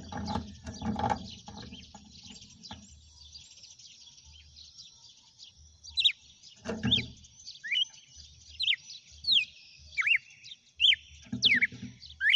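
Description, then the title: Red-cowled cardinal giving short falling whistled notes in the second half, after opening rattling and knocking noises. Female; title asks whether it is singing and "batendo fogo". "Canto Galo Campina Fêmea. GALO DE CAMPINA CANTANDO e BATENDO FOGO?"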